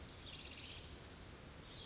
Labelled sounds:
Oak Titmouse
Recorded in Sonoma County, California

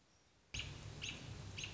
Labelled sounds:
American Robin
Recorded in Sonoma County, California

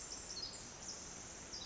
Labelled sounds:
Pacific Wren
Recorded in Sonoma County, California

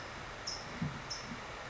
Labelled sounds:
California Towhee
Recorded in Sonoma County, California

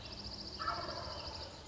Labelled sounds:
Wild Turkey
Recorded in Sonoma County, California

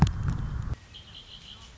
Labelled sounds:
Red-winged Blackbird
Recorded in Sonoma County, California

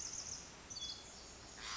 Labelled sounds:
Pacific Wren
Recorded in Sonoma County, California

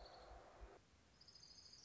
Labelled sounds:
Orange-crowned Warbler
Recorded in Sonoma County, California

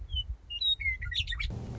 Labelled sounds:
Western Meadowlark
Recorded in Sonoma County, California

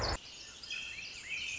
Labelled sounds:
Pacific Wren
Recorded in Sonoma County, California

